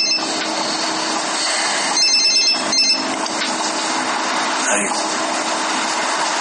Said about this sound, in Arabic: تليفون.